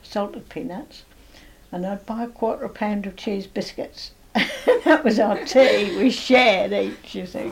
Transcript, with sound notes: Salted peanuts. And I'd buy a quarter of a pound of cheese biscuits. [laughs] That was our tea! We shared each, you see.